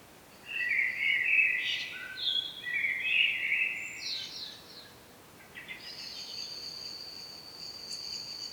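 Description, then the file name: Common blackbird song: a warbled phrase, a short pause, then a thinner, steadier series of high notes to the end. "Turdus merula"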